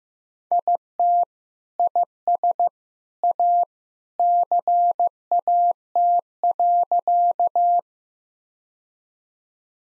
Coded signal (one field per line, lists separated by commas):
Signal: Morse code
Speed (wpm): 15 wpm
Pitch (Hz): 700 Hz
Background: none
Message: IT IS A CAT.